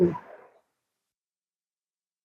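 The two cables of a Barnett Expedition XP 370 crossbow are lined up in the slot on the limb assembly before the part is pushed into place. A short, soft low handling rustle fades out within about half a second and is followed by silence, and someone talks briefly. Nothing has snapped or clicked into place yet.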